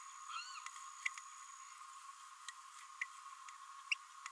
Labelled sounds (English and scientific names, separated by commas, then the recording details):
Green-rumped Parrotlet (Forpus passerinus) babbling
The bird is a female
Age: 26 days
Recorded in a nest box in Venezuela
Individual 17B32A7